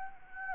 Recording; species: mosquito wingbeat signal from an infrared sensor; Anopheles gambiae